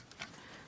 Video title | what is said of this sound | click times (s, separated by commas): My Small LEGO Disney Collection | that can snap right into there. | 0.2 s